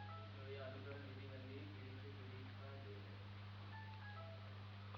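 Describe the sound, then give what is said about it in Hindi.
A mobile phone rings with a repeating electronic melody of short, mid-pitched tones that pauses and resumes, over a steady low hum and faint background murmur. “आपको फोन आने वाला है, नहीं आएगा आज बता दिया, चलो आखिरी आखिरी बता दिया, अच्छी बात।”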